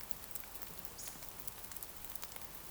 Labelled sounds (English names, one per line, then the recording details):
Eurasian Woodcock whistle
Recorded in Baden-Württemberg, Germany, on 28 June 2020 at 02:25 UTC
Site 43791, 788 m above sea level